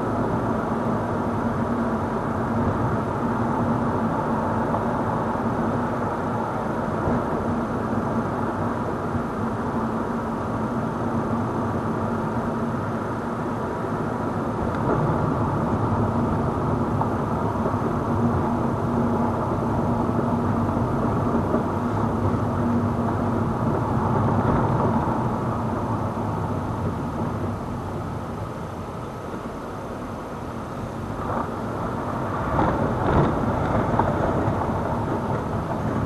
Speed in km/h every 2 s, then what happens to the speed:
40, 39, 38, 38, 37, 36, 36, 35, 35, 34, 34, 32, 28, 18, 8, 13, 20, 16.
0-23 steady at about 36. 23-28 brakes to 8. 28-31 speeds up to 20.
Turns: none.